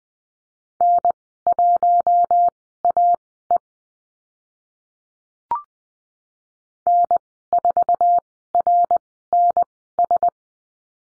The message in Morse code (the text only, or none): N1AE N4RNS